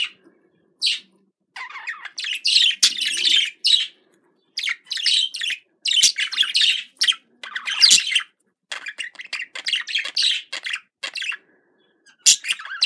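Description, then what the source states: Budgerigar calls: scattered scratchy chirps and short bursts of buzzy chatter, with frequent brief silences between phrases. Described as a budgerigar love sound.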